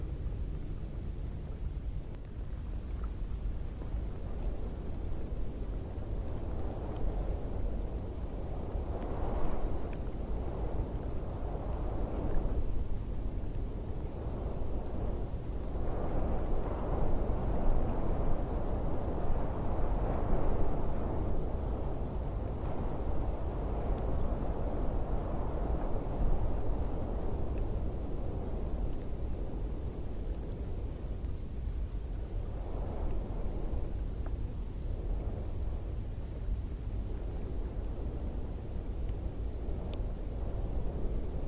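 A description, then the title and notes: Steady wind roars low and dense over sand for the whole stretch, with gusts swelling brighter around ten, twenty and thirty-three seconds. Sand and Wind Ambient Sounds.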